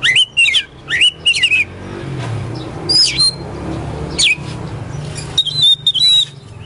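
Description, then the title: Oriental magpie-robin song: a few looping whistled notes, then isolated high notes and a short whistled phrase, with a low hum throughout. Competition magpie-robin ('kacer poci'), national champion, singing 'gacor' with 'nembak' and 'ngerol' song styles; seven kinds of sound every three minutes. "Kacer Poci Gacor Nembak Dan Ngerol Juara Nasional. 7 macam suara kacer setiap 3 menit"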